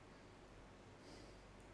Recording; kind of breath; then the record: one breath in and out by a microphone near the nose and mouth; normal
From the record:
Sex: male